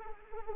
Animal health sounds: mosquito wingbeat signal from an infrared sensor; Anopheles arabiensis

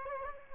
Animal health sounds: mosquito wingbeat signal from an infrared sensor; Culex quinquefasciatus

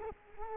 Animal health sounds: mosquito wingbeat signal from an infrared sensor; Culex quinquefasciatus

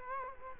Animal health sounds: mosquito wingbeat signal from an infrared sensor; Culex quinquefasciatus

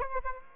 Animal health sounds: mosquito wingbeat signal from an infrared sensor; Aedes aegypti

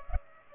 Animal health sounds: mosquito wingbeat signal from an infrared sensor; Culex pipiens

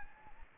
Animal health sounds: mosquito wingbeat signal from an infrared sensor; Anopheles arabiensis

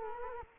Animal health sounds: mosquito wingbeat signal from an infrared sensor; Culex quinquefasciatus

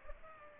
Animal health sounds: mosquito wingbeat signal from an infrared sensor; Culex pipiens

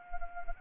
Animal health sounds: mosquito wingbeat signal from an infrared sensor; Anopheles arabiensis

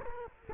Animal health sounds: mosquito wingbeat signal from an infrared sensor; Culex quinquefasciatus

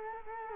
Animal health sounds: mosquito wingbeat signal from an infrared sensor; Culex quinquefasciatus

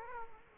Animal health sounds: mosquito wingbeat signal from an infrared sensor; Aedes aegypti

